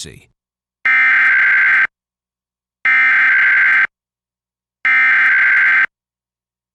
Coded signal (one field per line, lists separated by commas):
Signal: Emergency Alert System (SAME) tones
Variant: header bursts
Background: speech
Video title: EAS #722-723: 2 EAS Required Monthly Tests- Dec. 7, 2022- 12:15AM PST